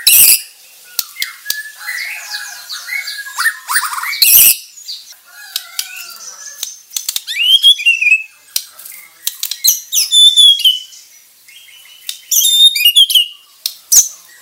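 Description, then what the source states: White-rumped shama delivers scattered high whistled phrases and chatter, broken by sharp clicks and a loud rustling burst near the start and another a few seconds later. Murai batu of the Bordan variety.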